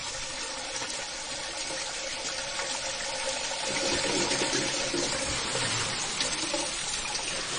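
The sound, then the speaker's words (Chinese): Ocean waves wash in a steady, hissing roar with no voices, swelling a little louder around the middle before settling back into a constant surging rush. “这个海浪声好好想听啊，好久没试过海滩了已经是。”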